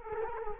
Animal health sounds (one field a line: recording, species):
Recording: mosquito wingbeat signal from an infrared sensor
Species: Culex quinquefasciatus